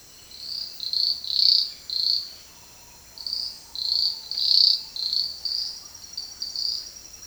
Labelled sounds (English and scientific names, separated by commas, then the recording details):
Green Ibis (Mesembrinibis cayennensis)
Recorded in dense forest near Puerto Asís, Putumayo, Colombia, on 18 February 2024 at 08:30
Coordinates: 0.481, -76.318
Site G6421